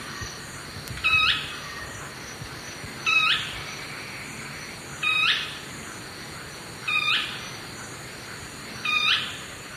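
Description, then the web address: Brownish twistwing calls: short, sharp, high notes repeated about every two seconds, five in all, over a steady background hiss. Eastern lowlands of South America. "Natures Songs S America Eastern Lowlands. Brownish Twistwing"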